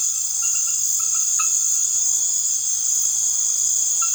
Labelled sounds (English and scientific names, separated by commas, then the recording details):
none
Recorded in secondary vegetation near Puerto Asís, Putumayo, Colombia, on 12 March 2025 at 21:00
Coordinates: 0.489, -76.322
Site G042